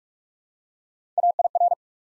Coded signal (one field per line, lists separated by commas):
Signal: Morse code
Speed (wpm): 44 wpm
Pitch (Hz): 700 Hz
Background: none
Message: AIR